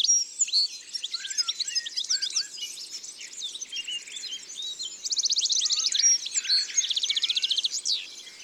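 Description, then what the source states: Goldfinch singing a lively, liquid twitter of quick varied notes, breaking into a bright rattling trill partway through before more twittering. Isère, France.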